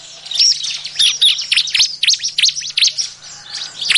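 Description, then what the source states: Bar-winged prinia calls: a quick run of high, V-shaped slurred chirps over a faint low hum. Busy, noisy calling used as a lure for catching birds.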